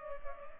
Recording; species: mosquito wingbeat signal from an infrared sensor; Culex pipiens